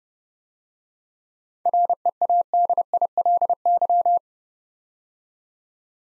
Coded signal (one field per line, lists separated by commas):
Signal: Morse code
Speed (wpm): 30 wpm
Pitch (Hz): 700 Hz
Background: none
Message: READILY